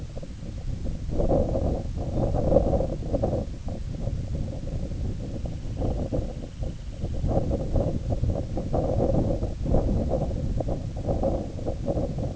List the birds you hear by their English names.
Semipalmated Sandpiper